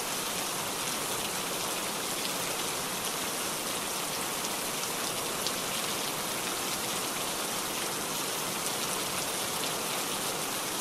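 Heavy rain falls steadily, a dense, unbroken hiss of countless drops with a bright, crisp top. The loudness stays level for the whole stretch, with faint individual patters flickering through. No other sounds break in.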